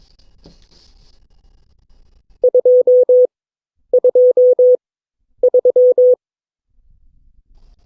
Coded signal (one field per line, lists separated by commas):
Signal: Morse code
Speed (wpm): 22 wpm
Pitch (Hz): 500 Hz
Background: none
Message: 223